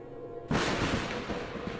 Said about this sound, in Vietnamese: vừa dứt lời thì bỗng một tia sét từ trên trời giáng xuống, xuyên qua mái nhà đánh thẳng lên bàn thờ, gây ra một tiếng nổ rúng động.